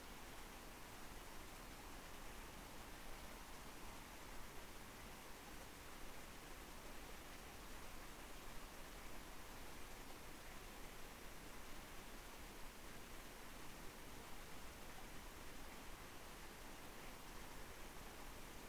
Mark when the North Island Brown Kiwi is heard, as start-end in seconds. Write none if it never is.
none